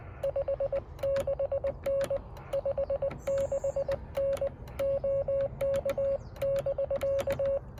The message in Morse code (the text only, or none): 56N 56N OK <BK>